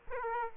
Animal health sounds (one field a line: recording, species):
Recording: mosquito wingbeat signal from an infrared sensor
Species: Aedes aegypti